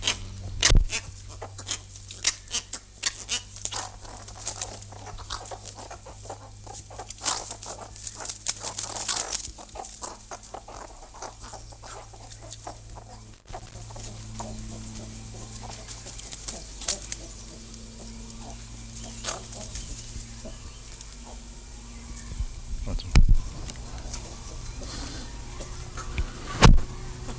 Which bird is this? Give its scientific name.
Bubulcus ibis